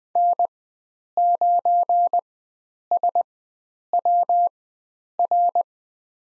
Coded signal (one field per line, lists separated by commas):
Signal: Morse code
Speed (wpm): 20 wpm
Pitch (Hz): 700 Hz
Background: none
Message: N9SWR